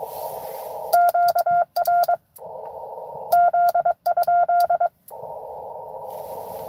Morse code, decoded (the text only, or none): QRZ?